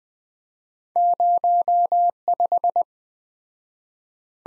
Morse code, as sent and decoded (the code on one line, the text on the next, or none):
----- .....
05